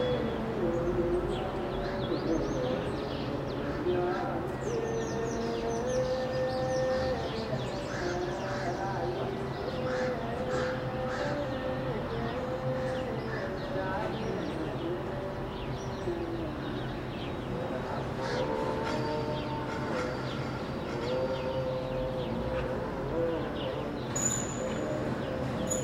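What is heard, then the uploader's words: Chanting voices from an Orthodox church mass hold long, wavering tones over steady low traffic rumble, with birds chirping intermittently throughout. Addis Ababa - Skyline - Chanting. The sounds of daily mass from a nearby Orthodox church can be heard above distant traffic and birdsong.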